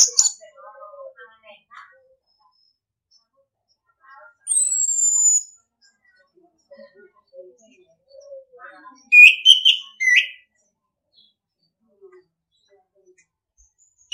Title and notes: Anis Kembang 9. ANIS KEMBANG NGEPLONG. Masteran Anis Kembang